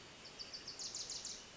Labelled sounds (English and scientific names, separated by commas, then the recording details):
Wilson's Warbler (Cardellina pusilla)
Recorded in Sonoma County, California